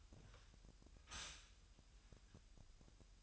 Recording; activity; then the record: daily activity, microphone in the room; stop toaster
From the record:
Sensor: 2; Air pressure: 1001.9 hPa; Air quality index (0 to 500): 247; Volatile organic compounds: 38 ppm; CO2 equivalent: 3116 ppm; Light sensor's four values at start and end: 9/30/12/11 and 9/30/12/11